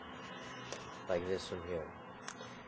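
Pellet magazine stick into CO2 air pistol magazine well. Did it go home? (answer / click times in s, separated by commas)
yes / 2.3 s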